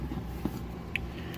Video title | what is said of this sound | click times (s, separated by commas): Vecma Versus Head warrior VS-02 wolfman aka weridwolf | articulation in this mode the legs move up and down they do click into place back here | 1.0 s